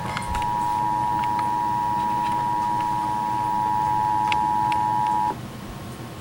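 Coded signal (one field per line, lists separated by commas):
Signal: Emergency Alert System (SAME) tones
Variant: 853 and 960 Hz attention tone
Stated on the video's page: Staged recreation of a hacked Emergency Alert System broadcast, not real.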